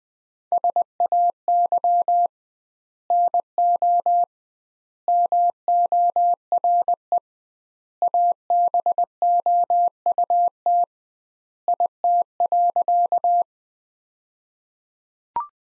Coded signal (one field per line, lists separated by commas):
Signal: Morse code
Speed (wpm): 20 wpm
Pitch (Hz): 700 Hz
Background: none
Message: SAY NO MORE ABOUT IT.